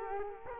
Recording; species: mosquito wingbeat signal from an infrared sensor; Culex quinquefasciatus